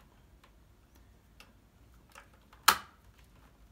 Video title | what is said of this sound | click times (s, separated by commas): J&G Electric Co., Inc. - Day 3: Hands-on demonstration: how to identify a hard-wired smoke detector. | snap it back in | 2.7 s